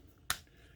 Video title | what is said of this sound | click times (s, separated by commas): Patriot Prime Reviews Legacy Cosmos (Velocitron Speedia 500 Collection) | it'll snap into place then you're gonna rotate the shoulders forward | 0.3 s